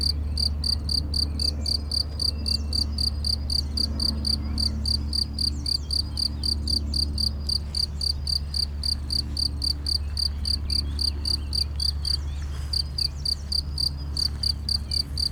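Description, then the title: Cricket chirping evenly, a long series of high pulsed chirps with one brief break, over a steady low hum. Single cricket in Chindrieux, France; among the first crickets of the season, calling intermittently for several days. "Chindrieux, France - grillon seul"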